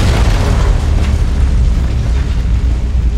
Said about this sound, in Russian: Над ним творился настоящий хаос. Мощный взрыв раздолбил и поднял в воздух сотни тонн камня.